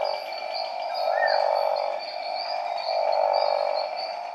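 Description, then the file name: Boie's smooth horned frog giving two drawn-out, low, rasping pulsed notes, each lasting about a second, while small birds twitter and one whistles briefly. "Proceratophrys boiei"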